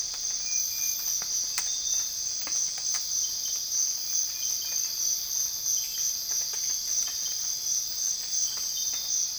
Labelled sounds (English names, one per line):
none